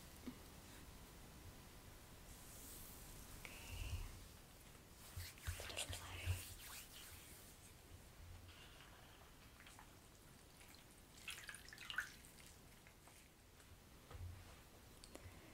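A facial and scalp massage unfolds as soft brushing and rubbing sounds over a low hum, with occasional light taps near four, six, and twelve seconds.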